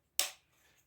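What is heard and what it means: The swivel hanging hook on a cordless work light is snapped into its detent in the light housing, seating with one sharp, strong click at 0.2 s. The click's bright crack fades over about two tenths of a second, followed by faint low noise.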